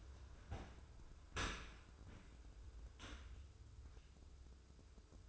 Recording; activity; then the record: daily activity, microphone in the room; open dishwasher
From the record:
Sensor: 2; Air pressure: 995.6 hPa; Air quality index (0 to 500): 97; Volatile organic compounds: 5 ppm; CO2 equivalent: 1789 ppm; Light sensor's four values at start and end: 25/79/31/30 and 25/79/31/30